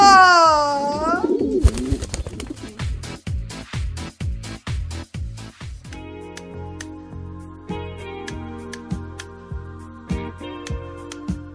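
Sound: pigeon cooing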